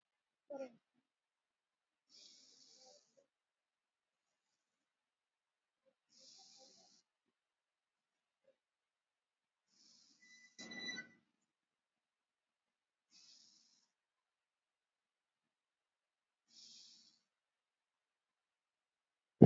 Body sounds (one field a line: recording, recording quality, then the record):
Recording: deep breathing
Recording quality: excellent, no background noise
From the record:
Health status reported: COVID-19 positive, mild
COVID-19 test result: positive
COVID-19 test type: RT-PCR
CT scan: not taken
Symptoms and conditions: cold, fever, muscle pain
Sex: female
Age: 34 years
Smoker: no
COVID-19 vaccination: none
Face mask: worn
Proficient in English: no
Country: India